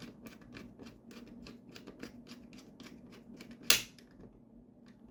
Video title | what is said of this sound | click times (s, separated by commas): From Trash to Treasure: The Incredible Dell Latitude D505 Restoration - episode 2 | when you hear the click, that means it's tightened. Don't worry, you haven't broken anything. | 3.7 s